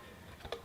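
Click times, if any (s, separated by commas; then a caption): 0.5 s. A plastic belt holster is pushed onto an iPhone 11 Pro in a black, rugged OtterBox Defender case so the holster can act as a stand. One short, sharp tick is heard at 0.5 s as the holster snaps into place.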